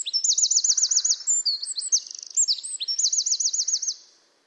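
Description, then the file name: Eurasian wren singing a loud, shrill phrase that opens with a fast rattling trill, runs into sharp high chips, and closes with another quick trill. "Troglodytes troglodytes"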